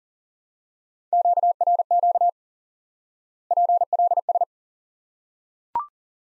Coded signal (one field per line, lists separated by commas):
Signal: Morse code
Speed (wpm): 40 wpm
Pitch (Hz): 700 Hz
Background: none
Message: QRQ PLS